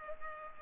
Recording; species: mosquito wingbeat signal from an infrared sensor; Culex pipiens